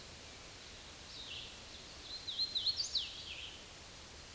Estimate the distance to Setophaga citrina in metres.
about 65 m